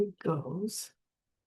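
A 1x4 plastic Lego brick is handled as it is being fitted onto a Lego 31162 bunny (rabbit) brick model. Someone talks briefly, followed by a soft, airy rustle around 0.7–0.9 s before silence. Nothing has seated or clicked yet.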